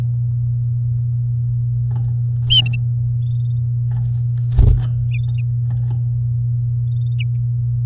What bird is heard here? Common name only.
Domestic Canary